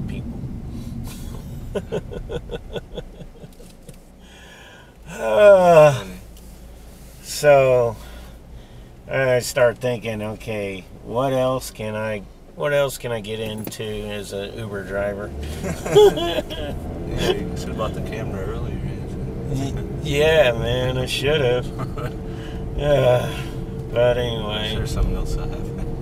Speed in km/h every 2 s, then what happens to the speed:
13, 0, 0, 0, 0, 0, 2, 16, 27, 35, 37, 37, 40.
0-2 brakes to 0. 2-12 standing. 12-26 pulls away to 40.